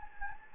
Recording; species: mosquito wingbeat signal from an infrared sensor; Anopheles gambiae